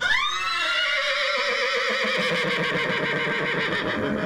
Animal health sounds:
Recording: contact call of a hoofed animal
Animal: horse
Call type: whinny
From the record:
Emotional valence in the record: negative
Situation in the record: group separation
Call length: 4.3 s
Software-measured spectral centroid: 2480 Hz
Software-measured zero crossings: 3660 a second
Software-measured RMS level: -24 dBFS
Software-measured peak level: -10 dBFS

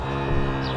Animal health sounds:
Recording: contact call of a hoofed animal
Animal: cattle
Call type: low-frequency (closed-mouth) or high-frequency (open-mouth) call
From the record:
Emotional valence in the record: negative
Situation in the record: full separation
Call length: 0.77 s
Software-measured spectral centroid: 1520 Hz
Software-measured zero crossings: 1430 a second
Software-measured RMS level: -24 dBFS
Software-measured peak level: -11 dBFS

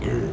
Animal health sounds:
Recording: contact call of a hoofed animal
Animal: pig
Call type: closed-mouth grunt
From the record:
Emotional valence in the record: negative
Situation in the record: short social isolation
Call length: 0.33 s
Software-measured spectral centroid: 1370 Hz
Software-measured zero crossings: 690 a second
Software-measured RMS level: -24 dBFS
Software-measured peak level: -13 dBFS

